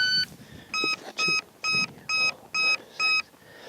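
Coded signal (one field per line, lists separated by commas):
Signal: none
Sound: speed controller cell-count beeps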